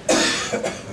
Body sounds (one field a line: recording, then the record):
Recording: coughing mixed with background sound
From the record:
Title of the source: Cough Around the Clock!